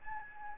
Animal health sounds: mosquito wingbeat signal from an infrared sensor; Aedes albopictus

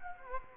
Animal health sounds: mosquito wingbeat signal from an infrared sensor; Culex quinquefasciatus

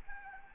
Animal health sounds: mosquito wingbeat signal from an infrared sensor; Aedes albopictus

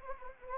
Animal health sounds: mosquito wingbeat signal from an infrared sensor; Anopheles arabiensis

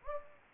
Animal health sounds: mosquito wingbeat signal from an infrared sensor; Anopheles gambiae

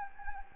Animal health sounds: mosquito wingbeat signal from an infrared sensor; Anopheles gambiae

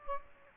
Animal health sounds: mosquito wingbeat signal from an infrared sensor; Aedes aegypti

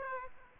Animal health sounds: mosquito wingbeat signal from an infrared sensor; Aedes aegypti

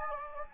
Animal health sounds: mosquito wingbeat signal from an infrared sensor; Anopheles gambiae

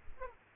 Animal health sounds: mosquito wingbeat signal from an infrared sensor; Aedes aegypti

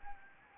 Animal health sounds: mosquito wingbeat signal from an infrared sensor; Anopheles gambiae

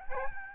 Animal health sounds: mosquito wingbeat signal from an infrared sensor; Aedes albopictus

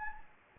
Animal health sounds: mosquito wingbeat signal from an infrared sensor; Anopheles gambiae

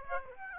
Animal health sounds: mosquito wingbeat signal from an infrared sensor; Aedes aegypti

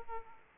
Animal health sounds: mosquito wingbeat signal from an infrared sensor; Aedes aegypti

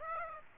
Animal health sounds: mosquito wingbeat signal from an infrared sensor; Aedes aegypti

